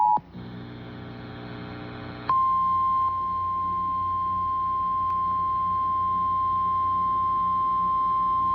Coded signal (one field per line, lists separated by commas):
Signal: Emergency Alert System (SAME) tones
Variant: 853 and 960 Hz attention tone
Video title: EAS Tornado Warning on 93.3 KWTO (6-13-26) (2)